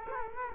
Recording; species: mosquito wingbeat signal from an infrared sensor; Culex quinquefasciatus